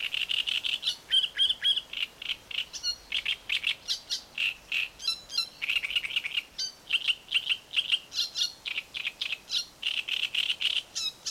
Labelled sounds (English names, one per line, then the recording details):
Great Reed Warbler
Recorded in the wild
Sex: male
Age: adult
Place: Mühlenbeck, Brandenburg, DE
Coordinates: 52.667, 13.37
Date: 1992-06-08 11:20
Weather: sonnig (heiter) 21-22°C, böiger Wind
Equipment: Nagra SN, Mikrofon AKG CK 8, Kopie Tesla B 116
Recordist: Tembrock, Günter
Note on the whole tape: Mühlenbecker See; Gesang, Fortsetzung von Aufnahme V1848, ca. 4 min